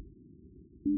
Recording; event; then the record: neck accelerometer signal played as sound; no cough (speech, laughter, throat clearing or background)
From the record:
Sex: female